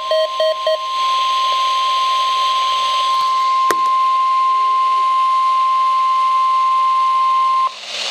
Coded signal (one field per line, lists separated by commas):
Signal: Emergency Alert System (SAME) tones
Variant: 1050 Hz attention tone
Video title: Required Weekly Test (EAS #513)